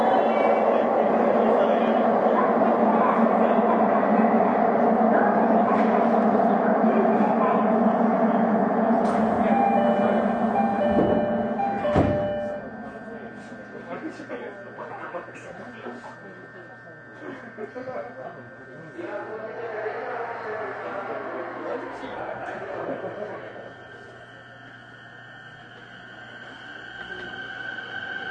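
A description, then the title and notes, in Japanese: Onboard a Tokyo Waterfront Area Rapid Transit 70-000 series train: a loud, dense rumble for the first twelve seconds, with whining tones rising near the end and a sharp clunk. It then drops to a quieter, steady hum with scattered rattles and a brief swell. 東京臨海高速鉄道70-000形 新宿〜新木場。JR埼京線→りんかい線の区間で録音。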